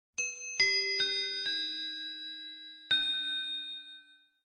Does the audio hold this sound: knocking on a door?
no